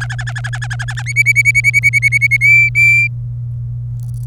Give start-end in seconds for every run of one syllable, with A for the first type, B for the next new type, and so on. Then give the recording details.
0.00-1.02 A, 1.06-2.37 B, 2.41-3.07 C. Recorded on 27 April 2018 at 14:14. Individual llb3